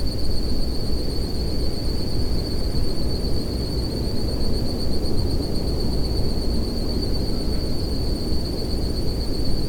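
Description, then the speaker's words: Cricket chorus as a constant high-pitched ringing tone lasting the whole stretch, with a steady low roar underneath. Crickets heard all around but not visible, in short ferns inside the rim of the Alcedo volcano caldera, Isabela island, Galápagos. "The air is full of the sound of crickets. I can't really see any of them, but I can hear them all around me in these short ferns."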